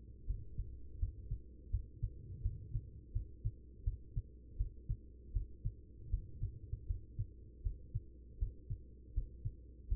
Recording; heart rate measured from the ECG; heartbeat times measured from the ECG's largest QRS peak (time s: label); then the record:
heart sounds by stethoscope; 81 bpm
0.26 s: heartbeat
0.98 s: heartbeat
1.70 s: heartbeat
2.41 s: heartbeat
3.12 s: heartbeat
3.83 s: heartbeat
4.56 s: heartbeat
5.32 s: heartbeat
6.09 s: heartbeat
6.86 s: heartbeat
7.62 s: heartbeat
8.38 s: heartbeat
9.13 s: heartbeat
9.88 s: heartbeat
From the record:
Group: healthy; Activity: rest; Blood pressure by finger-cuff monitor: 126/81 mmHg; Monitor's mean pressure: 95 mmHg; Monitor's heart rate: 82 bpm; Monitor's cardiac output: 5.7 L/min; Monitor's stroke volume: 69 mL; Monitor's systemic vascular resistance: 1230 dyn s/cm5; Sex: female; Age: 43 years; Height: 160 cm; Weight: 90 kg